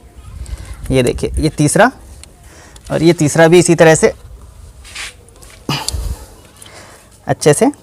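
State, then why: Seated. The third glow plug connector is pressed onto a diesel glow plug in the same way so that it locks properly, clicking in at 5.9 s. Someone talks, and a few other small knocks occur around it. The connector is seated.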